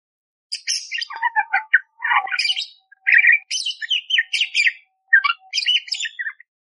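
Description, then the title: Budgerigar warbling song, a fast jumble of chirps, clicks and short whistles jumping between low and high notes in quick bursts. Loud, clear chirping (gacor jernih) with rough 'tembakan' fill phrases, used as masteran to train magpie robins (kacer). "Masteran Burung Parkit Gacor Jernih Full Isian Tembakan Kasar Cocok Buat Kacer"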